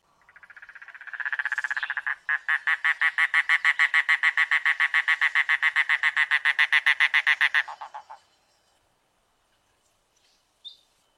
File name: canto do papa lagarta do mangue